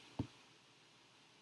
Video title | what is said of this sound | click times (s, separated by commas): Mrs. Tan talk about markers | did you hear that click when i clicked it you sure should have okay we open it | 0.2 s